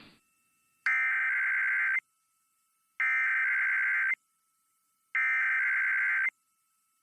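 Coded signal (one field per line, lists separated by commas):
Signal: Emergency Alert System (SAME) tones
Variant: header bursts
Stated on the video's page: Required weekly tests.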